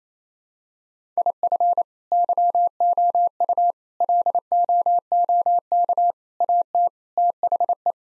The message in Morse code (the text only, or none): IF YOU LOOK AT THE